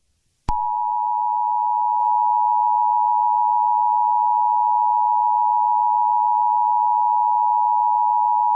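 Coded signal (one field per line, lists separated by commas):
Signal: Emergency Alert System (SAME) tones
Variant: 853 and 960 Hz attention tone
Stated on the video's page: Recreation of a New Hampshire practice demo with valid EAS tones.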